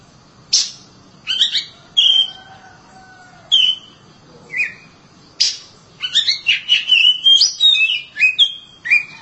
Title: Kacer